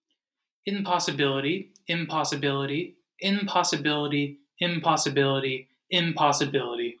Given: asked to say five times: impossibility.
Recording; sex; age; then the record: repeated word; male; 20 to 29 years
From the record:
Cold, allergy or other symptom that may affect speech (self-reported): no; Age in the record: 23 years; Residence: Virginia, United States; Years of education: 16